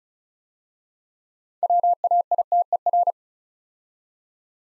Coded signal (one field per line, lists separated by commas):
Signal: Morse code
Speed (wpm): 36 wpm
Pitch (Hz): 700 Hz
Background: none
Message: WAITER